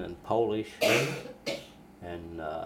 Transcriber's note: coughs